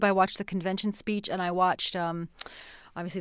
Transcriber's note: none